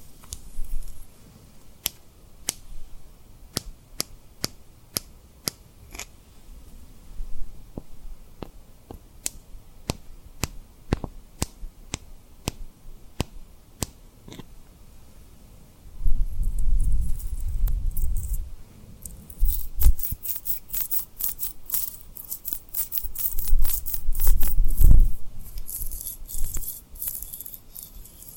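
Sharp, bright taps on rhinestones come steadily, then from about 16 seconds louder low rubbing and scratchy swishes build, with denser clicking bursts.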